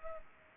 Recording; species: mosquito wingbeat signal from an infrared sensor; Culex pipiens